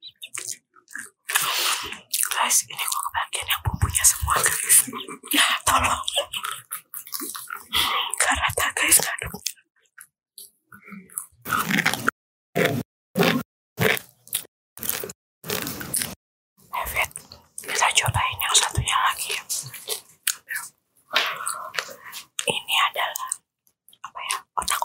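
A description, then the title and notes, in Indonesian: Crunchy dry macaroni snacks being bitten and chewed, with loud, crackly crunches packed tightly for the first nine seconds. After a short silence come separate sharp bites with gaps between them, then dense, steady chewing resumes until the end. Makaroni Kering Beserta Jajarannya.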